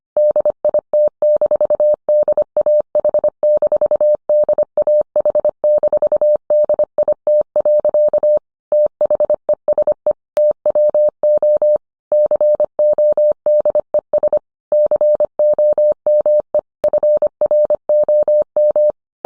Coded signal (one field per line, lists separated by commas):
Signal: Morse code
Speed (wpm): 25 wpm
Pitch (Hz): 600 Hz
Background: none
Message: DIT-DAH-DAH-DIT. THESE TWO CODES COME FROM